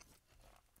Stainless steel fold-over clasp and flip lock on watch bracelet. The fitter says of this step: but having said that it does snapshot with a nice positive click and there's a nice positive secondary click to the flip lock itself